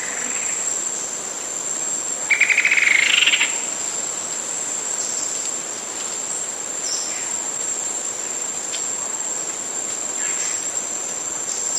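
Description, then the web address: Rufous-winged antwren giving a single rapid rattling trill of about a second, set against continuous hissy background and a high insect tone. South America. "Natures Songs S America Rufous-Winged Antwren"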